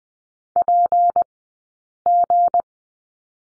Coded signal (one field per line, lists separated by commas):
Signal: Morse code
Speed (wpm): 20 wpm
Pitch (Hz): 700 Hz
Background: none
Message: PG